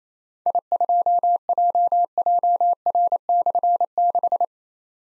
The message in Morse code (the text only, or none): I2JJR/6